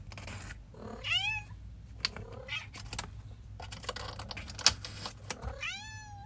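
Cat meowing, two clear meows, one near the start and one near the end, with clicking and rattling noises in between.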